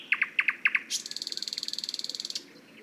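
Thrush nightingale phrase: three paired clicking notes followed by a fast, even, metallic rattling trill lasting over a second.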